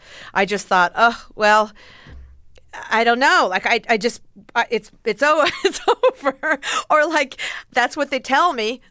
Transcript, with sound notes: I just thought, well, I don't know. Like, I just - it's (laughter) over. Or, like, that's what they tell me.